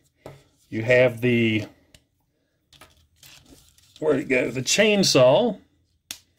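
A chainsaw accessory is pushed onto the end of a 3D-printed add-on tail upgrade on an action figure while someone talks, with a few soft handling taps in the pauses. A sharp snap at 6.1 s marks the chainsaw seating onto the tail end.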